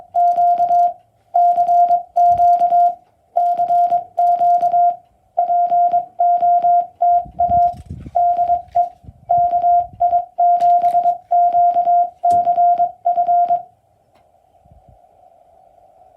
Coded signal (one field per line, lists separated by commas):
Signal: Morse code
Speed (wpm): 21 wpm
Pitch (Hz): 700 Hz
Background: music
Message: Q CQ CQ POTA DE KI7QCF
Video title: CW POTA-Activation US-3062